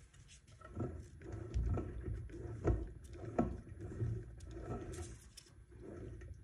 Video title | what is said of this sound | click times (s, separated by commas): Torque converter installation automatic transmission 5R55S | two I don't hear I didn't hear any clunks that time it it looks like it's the right | none